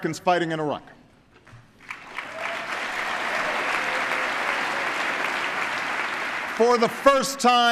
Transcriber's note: applause